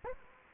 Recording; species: mosquito wingbeat signal from an infrared sensor; Anopheles gambiae